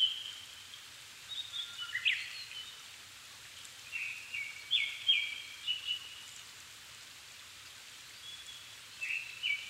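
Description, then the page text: Japanese thrush singing separate groups of clear whistled notes with gaps between them, over a continuous background hiss. Recorded 7 May 2011 at 17:59 in the evening, at 270 m altitude, with a Sony PCM-D50 and Panasonic WM-61A mic, in Japan. "Turdus cardis [Sounds -Nikko Today-]"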